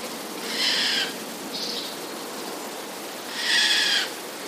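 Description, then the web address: Eurasian jay giving two harsh, rasping screeches about three seconds apart, each lasting roughly half a second, over a steady hiss. Recorded 21 August 2010. "wroblowe ostrzegator sojka 21 08 2010"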